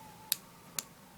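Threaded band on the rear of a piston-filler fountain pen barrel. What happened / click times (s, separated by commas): A small plastic band clicked into place / 0.3 s, 0.8 s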